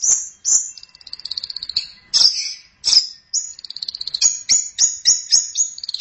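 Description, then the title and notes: Long-tailed Shrike song: high, sharp chirps and rapid trilled rattles in quick alternation, ending in a series of clipped notes. "Pentet 201703. Suara burung pentet"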